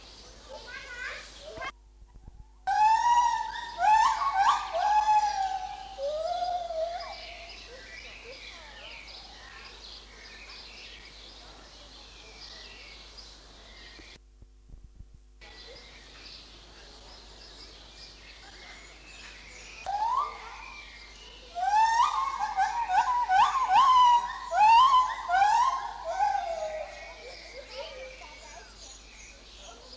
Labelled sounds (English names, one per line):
Lar Gibbon